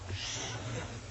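A steady, rough low buzz with noisy breath over it: a man's imitation of the loud snoring of a husband asleep at night.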